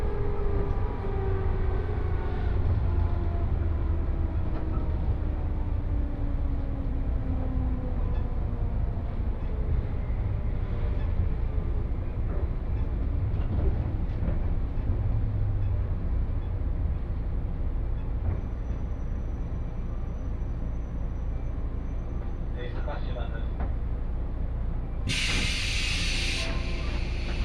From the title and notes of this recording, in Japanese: 耳で楽しむ鉄道旅 赤穂線 岡山→西大寺。岡山からは赤穂線に乗車して西大寺に向かいます。